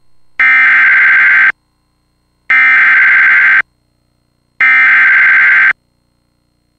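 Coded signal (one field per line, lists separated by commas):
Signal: Emergency Alert System (SAME) tones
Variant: header bursts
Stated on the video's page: Alert audio monitored from an EAS relay network stream.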